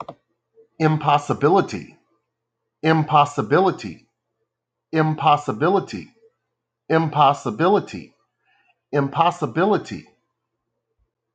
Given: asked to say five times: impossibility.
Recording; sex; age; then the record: repeated word; male; 40 to 49 years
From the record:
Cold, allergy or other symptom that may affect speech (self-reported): no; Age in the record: 40 years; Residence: Louisiana, United States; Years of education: 14